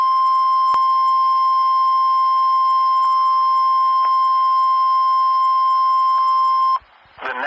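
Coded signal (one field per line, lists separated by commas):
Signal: Emergency Alert System (SAME) tones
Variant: 1050 Hz attention tone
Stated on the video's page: Severe Thunderstorm Watch alert from Norman, OK.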